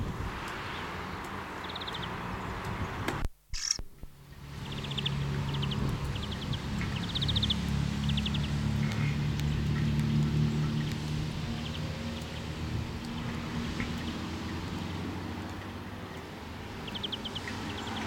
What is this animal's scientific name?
Chloris chloris